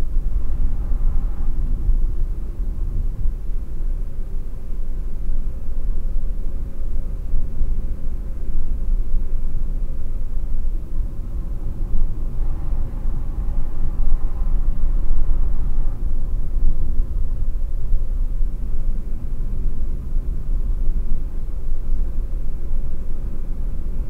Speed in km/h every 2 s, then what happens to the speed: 41, 39, 41, 45, 45, 46, 45, 44, 45, 44, 44, 46.
0-24 steady at about 44.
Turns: none.